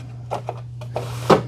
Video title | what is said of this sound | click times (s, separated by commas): ECOVACS DEEBOT T30S Robot Vacuum & Mop UNBOXING & How to SET UP | should just you want to make sure and hear it click | 0.5 s, 1.0 s